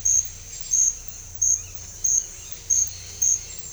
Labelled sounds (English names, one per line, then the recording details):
none
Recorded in secondary vegetation near Puerto Asís, Putumayo, Colombia, on 21 December 2024 at 09:00
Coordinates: 0.498, -76.327
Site GP07